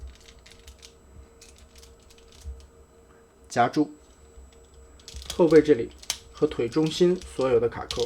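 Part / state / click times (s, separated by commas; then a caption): plastic toy robot buckle into mating leg and back panel / not seated / none. Small taps and handling sounds come from a plastic Transformers toy robot as its buckles are pressed toward the mating back panel and the centre of the legs during transformation. Someone talks over the handling. Nothing has seated or clicked yet.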